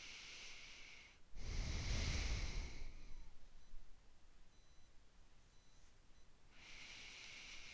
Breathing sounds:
nose breathing near a microphone
0.00-1.44 s: inhalation
1.44-3.11 s: exhalation
6.53-7.73 s: inhalation
From the record:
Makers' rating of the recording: medium

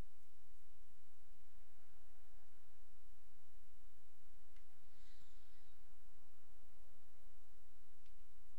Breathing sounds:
nose breathing near a microphone
4.59-8.09 s: inhalation
From the record:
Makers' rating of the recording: medium

